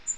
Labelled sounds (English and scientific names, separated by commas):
Bay-breasted Warbler (Setophaga castanea) flight call